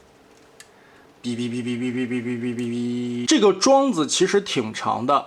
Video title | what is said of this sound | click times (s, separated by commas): 专业的更懂迷友要的是什么，变形金刚BW超能勇士TA金属变体恐龙勇士 | And then you snap it on this axle | 0.6 s